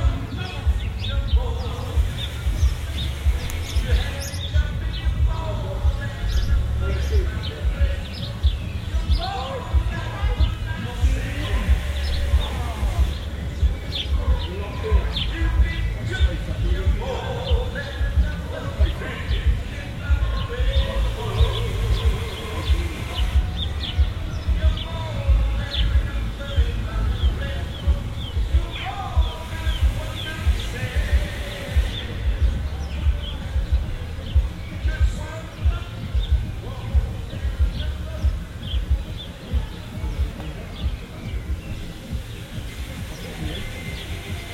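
An evening cacophony of many overlapping voices and bird calls fills the scene, with chirps and tweets scattered throughout. A constant low rumble sits underneath, and the sound stays dense and busy for the whole span with no pauses.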